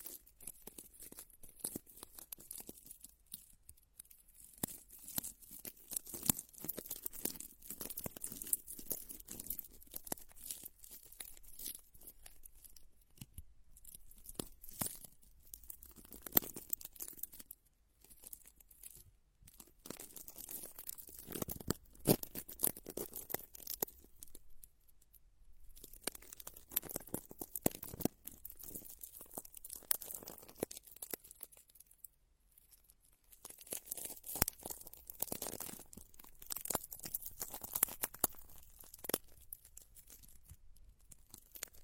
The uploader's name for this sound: Massage the ears with plants, make circles around your ears